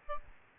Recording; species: mosquito wingbeat signal from an infrared sensor; Aedes albopictus